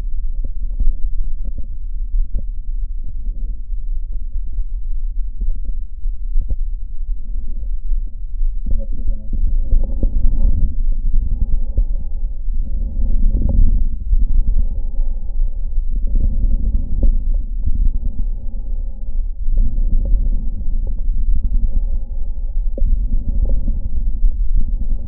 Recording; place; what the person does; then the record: lung sounds by stethoscope; right posterior basal chest; quiet breathing, then deep breathing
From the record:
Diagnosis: pulmonary infection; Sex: male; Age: 86 years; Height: 165 cm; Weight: 65 kg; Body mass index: 23.9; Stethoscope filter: diaphragm mode